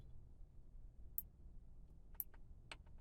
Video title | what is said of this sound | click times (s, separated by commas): BMW 1 series heated steering wheel retrofit (E8X)(first ever?) | we'll hear it click twice then pin three goes to pin 10. | 1.2 s, 2.2 s